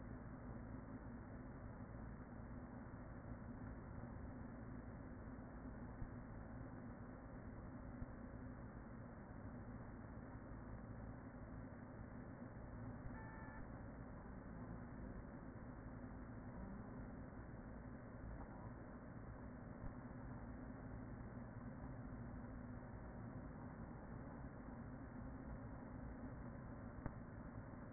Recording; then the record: honeybee colony, microphone inside the hive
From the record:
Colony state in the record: queen present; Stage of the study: after two queens were removed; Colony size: about 40,000 bees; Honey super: no